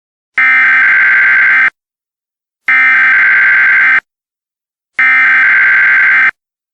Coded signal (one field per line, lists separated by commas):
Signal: Emergency Alert System (SAME) tones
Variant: header bursts